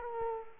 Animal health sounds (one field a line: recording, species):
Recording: mosquito wingbeat signal from an infrared sensor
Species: Culex quinquefasciatus